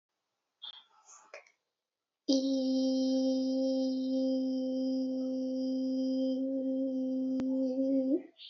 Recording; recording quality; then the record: sustained vowel as in beet; excellent, no background noise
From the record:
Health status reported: healthy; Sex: female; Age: 25 years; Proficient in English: yes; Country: India